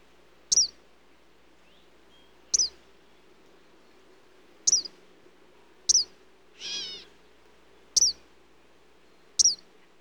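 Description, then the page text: Eastern kingbird giving short, sharp, high sputtering call notes about every two seconds, with one longer noisy burst midway; faint low hum beneath. "Eastern Kingbird Calls. Quick Sounds"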